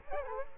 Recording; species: mosquito wingbeat signal from an infrared sensor; Culex quinquefasciatus